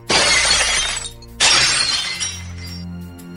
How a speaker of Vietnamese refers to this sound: Tiếp theo, dùng khí lực toàn thân đẩy nguyên cái tủ treo quần áo ngã xuống mặt đất. Nhất thời chỉ nghe thấy bên trong tủ quần áo truyền đến âm thanh gương vỡ vô cùng chát chúa.